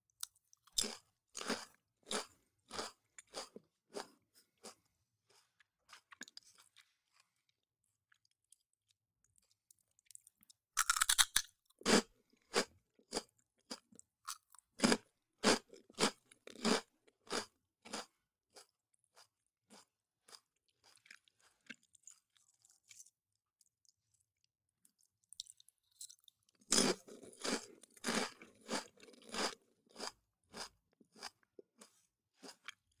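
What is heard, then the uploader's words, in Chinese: Cookies being eaten, with sharp crunchy bites repeating at a quick, fairly regular pace. A loud crackly bite lands near eleven seconds and a dense burst of crunching around twenty-seven seconds; quieter chewing and brief pauses fall between. 各種餅乾的嘎吱嘎吱聲。Eating Cookie。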